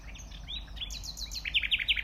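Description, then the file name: Common nightingale song fragment: brief whistled slurs, then a fast burst of sharp repeated notes. "Luscinia megarhynchos"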